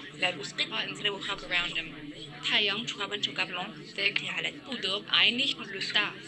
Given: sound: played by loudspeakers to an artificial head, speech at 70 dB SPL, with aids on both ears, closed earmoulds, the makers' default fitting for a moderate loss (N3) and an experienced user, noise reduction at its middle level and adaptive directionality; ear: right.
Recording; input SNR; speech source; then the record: speech test signal (ISTS) in cocktail-party noise; 0 dB; in front (0 degrees)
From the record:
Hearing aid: class 1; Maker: C